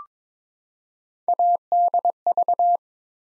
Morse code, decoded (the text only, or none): ADV